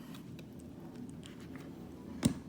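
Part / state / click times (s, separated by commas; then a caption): atomizer top cap onto atomizer deck / seated / 2.2 s. The metal top cap of a Wotofo Profile rebuildable dripping atomizer is twisted onto its deck, making faint scattered ticks and scrapes over a low background hum. At 2.3 s a sharp, louder click is heard as the cap's notches lock in place, seating the top cap on the deck.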